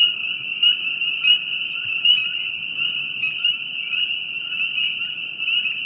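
Frogs keep up a steady high trilling chorus, with faint clicking notes.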